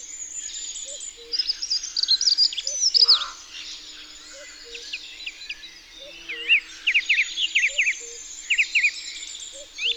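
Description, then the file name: Dunnock song in short bursts of high, jingling, twittering notes, several phrases spread throughout, over a steady low hum and soft repeated tones. Recorded in Isère, France. "Accenteur-mouchet-Concerts-naturels-de-l Isere-Studio-Les-Trois-Becs"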